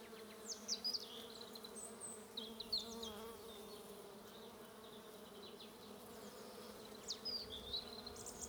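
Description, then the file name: Bees keep a low, continuous buzz while scattered sharp bird chirps come and go above it. "buzzing bees"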